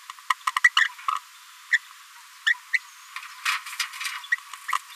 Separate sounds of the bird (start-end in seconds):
0.30-0.34, 0.46-0.51, 0.56-0.60, 0.63-0.70, 0.76-0.89, 1.07-1.20, 1.71-1.79, 2.46-2.56, 2.73-2.79, 3.16-3.18, 3.46-3.57, 3.80-3.85, 4.68-4.78